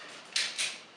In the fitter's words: because just one click will give you a halfway point